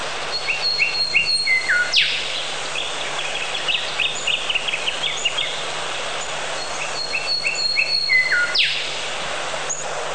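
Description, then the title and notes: Bird song with stepped whistled notes in a quick phrase, then a sharp downward sweep, the pattern returning near the end over steady background hiss. A mix of many different bird sounds. "Bird Sound Effects पक्षी लगता है. lots of different bird sounds"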